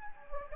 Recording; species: mosquito wingbeat signal from an infrared sensor; Anopheles gambiae